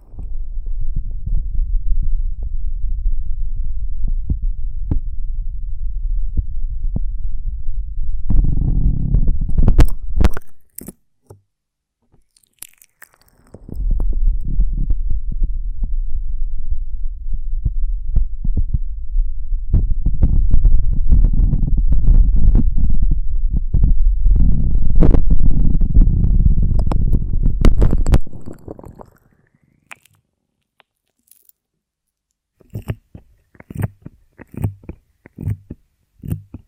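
Handling a honeycomb on a branch: dense low rumbling and crackling in two long stretches, broken by sharp clicks and taps, then sparse ticks.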